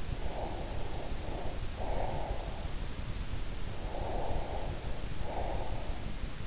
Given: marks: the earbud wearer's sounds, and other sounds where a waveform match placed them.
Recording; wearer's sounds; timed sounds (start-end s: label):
sounds in sleep by an in-ear microphone; breath
0.18-2.77 s: breath
3.67-6.01 s: breath